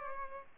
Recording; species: mosquito wingbeat signal from an infrared sensor; Aedes albopictus